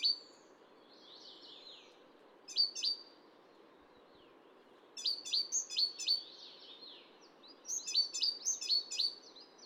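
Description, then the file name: Great tit calling: a thin note, then rapid runs of high, sharp notes repeated in bursts over a constant background hiss. "Parus major"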